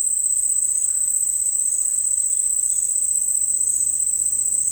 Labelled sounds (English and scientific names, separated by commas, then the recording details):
none
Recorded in dense forest near Puerto Asís, Putumayo, Colombia, on 21 February 2024 at 08:30
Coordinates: 0.484, -76.317
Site G6464